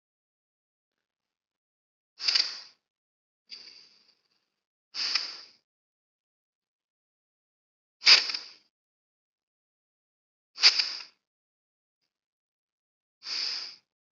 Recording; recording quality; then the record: deep breathing; excellent, no background noise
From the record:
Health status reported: healthy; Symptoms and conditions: none ticked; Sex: male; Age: 22 years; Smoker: not ticked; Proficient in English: yes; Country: India